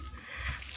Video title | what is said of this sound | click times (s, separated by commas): cara modifikasi ‼️ buka bagasi pakai tombol dan remot mobil timor dohc video bagian dua | kapı kilit sesi geliyor tamam arkadaşlar o da açılıyor tekrar | 0.6 s, 0.7 s